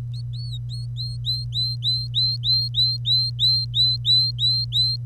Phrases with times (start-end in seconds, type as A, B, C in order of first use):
0.14-4.96 A